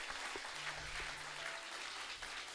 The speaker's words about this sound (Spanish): Dele palmas al Señor con todo el corazón.